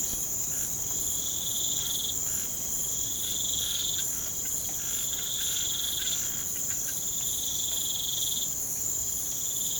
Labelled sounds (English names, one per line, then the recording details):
none
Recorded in pastures near Puerto Asís, Putumayo, Colombia, on 25 June 2025 at 02:30
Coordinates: 0.472, -76.331
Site G095